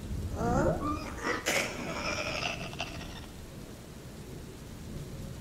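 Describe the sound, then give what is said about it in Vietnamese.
Heavy rain hisses steadily under a deep rumble of thunder, with a brief wavering, tonal sound in the first few seconds before the storm noise settles into a constant wash; a night storm with lightning outside a village communal-house courtyard, the rain growing heavier. “Ngay lúc đó, bên ngoài sân đình, dưới ánh sét chói lòa xé tan màn đêm và tiếng ầm ầm vì mưa càng lúc càng lớn”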